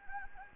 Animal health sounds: mosquito wingbeat signal from an infrared sensor; Anopheles gambiae

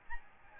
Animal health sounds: mosquito wingbeat signal from an infrared sensor; Aedes albopictus

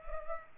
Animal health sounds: mosquito wingbeat signal from an infrared sensor; Culex pipiens

